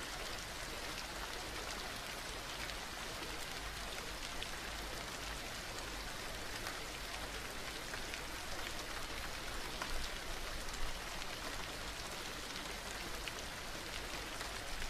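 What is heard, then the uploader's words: Rainfall comes down steadily, a dense hiss of countless drops with small crisp ticks scattered throughout. The level stays even for the whole stretch, bright, with a faint low rumble beneath. Rainfall subliminal sounds.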